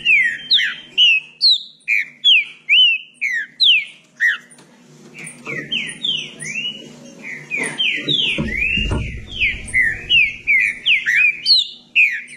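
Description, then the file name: Green-winged saltator song: long stream of loud whistled slurs, rising and falling rapidly in quick succession, with a brief low rumble partway through. "canto do trinca ferro"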